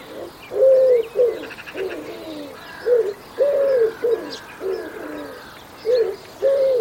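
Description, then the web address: Bird cooing, low hooting phrases repeated with short pauses, dove-like, over a background of faint higher chirps from other birds. "Bird Only"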